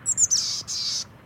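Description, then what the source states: Boreal Chickadee giving a few high thin notes that run into two long buzzy notes, the second slightly longer. Tiny dark-capped songbird living year-round in boreal spruce and fir forest at the edge of the Arctic, enduring the harsh winter.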